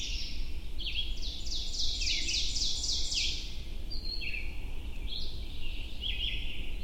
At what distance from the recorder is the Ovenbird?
about 35 m